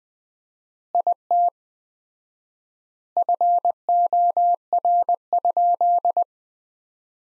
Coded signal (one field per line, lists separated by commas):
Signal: Morse code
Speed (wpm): 20 wpm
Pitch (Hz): 700 Hz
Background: none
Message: IT FOR?